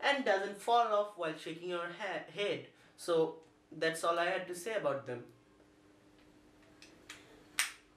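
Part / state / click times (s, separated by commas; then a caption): earbud charging case lid (or earbud into charging case) / seated / 7.6 s. Someone talks for the first five seconds, then after a quiet pause two soft ticks at about 6.8 and 7.1 seconds lead into one sharp, loud click at 7.6 seconds. The click comes from the plastic charging case of Lenovo LivePods LP1 wireless earbuds, which are made of white plastic, as the case snaps shut or an earbud drops into it. The case is seated and closed at the click.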